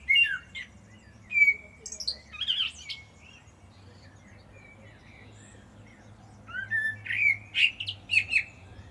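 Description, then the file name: Common blackbird giving two phrases of varied fluty whistles mixed with thin high twittering notes, separated by a few quiet seconds. "Turdus merula"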